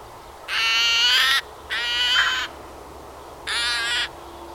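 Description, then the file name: Eurasian magpie making loud, harsh, buzzy calls, three grating bursts roughly a second long each, spaced by brief silences. "Pica pica"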